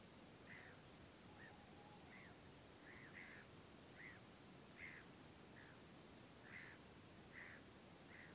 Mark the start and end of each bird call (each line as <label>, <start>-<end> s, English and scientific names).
Black-headed Gull (Chroicocephalus ridibundus), 0.46-0.77 s
Black-headed Gull (Chroicocephalus ridibundus), 1.37-1.51 s
Black-headed Gull (Chroicocephalus ridibundus), 2.10-2.34 s
Black-headed Gull (Chroicocephalus ridibundus), 2.84-3.44 s
Black-headed Gull (Chroicocephalus ridibundus), 3.96-4.19 s
Black-headed Gull (Chroicocephalus ridibundus), 4.77-5.03 s
Black-headed Gull (Chroicocephalus ridibundus), 5.55-5.76 s
Black-headed Gull (Chroicocephalus ridibundus), 6.43-6.78 s
Black-headed Gull (Chroicocephalus ridibundus), 7.32-7.60 s
Black-headed Gull (Chroicocephalus ridibundus), 8.10-8.32 s